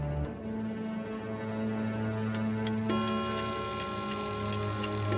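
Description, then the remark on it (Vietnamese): A clock strikes midnight, its low ringing tones swelling and sustaining, then a second strike layers on brighter tones around the midpoint, with faint ticking beneath. No one speaks. “Đồng hồ điểm 12 giờ đêm.”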